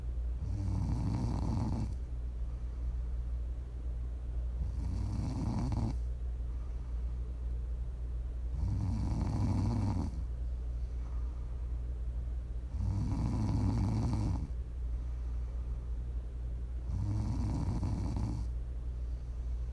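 Prime ASMR snoring from an adult sleeper: five deep, low-pitched snores over twenty seconds, about one every four seconds, each lasting roughly a second and a half, with quieter breathing between them.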